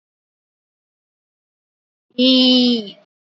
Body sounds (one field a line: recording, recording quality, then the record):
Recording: sustained vowel as in beet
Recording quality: excellent, no background noise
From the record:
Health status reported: healthy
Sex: female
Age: 54 years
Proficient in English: yes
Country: India